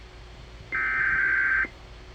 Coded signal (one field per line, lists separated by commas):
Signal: Emergency Alert System (SAME) tones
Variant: header bursts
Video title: (CANCELLED) Missouri Blue Alert on WAHC || 7/19/22 (EAS # 1202)